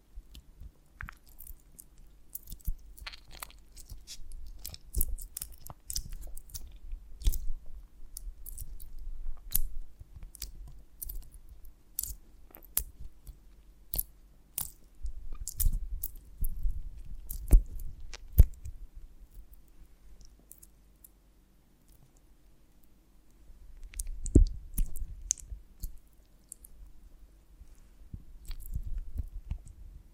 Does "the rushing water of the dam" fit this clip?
no